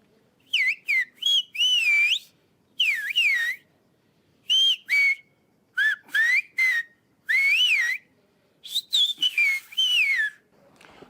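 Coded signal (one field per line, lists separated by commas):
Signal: whistled language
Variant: Greek Sfyria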